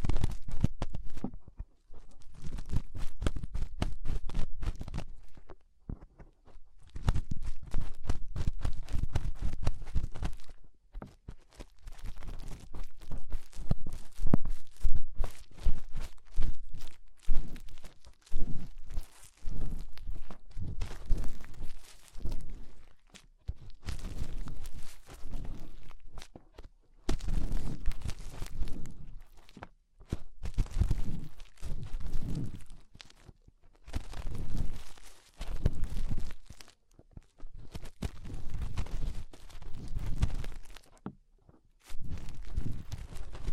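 Fingers rub inside an ear, making dense rustling and thumping scrapes in bursts with brief silent gaps, deep and muffled throughout.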